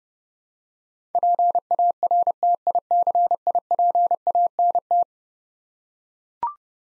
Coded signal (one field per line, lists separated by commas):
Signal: Morse code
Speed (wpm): 29 wpm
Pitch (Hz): 700 Hz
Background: none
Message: PARTICIPANT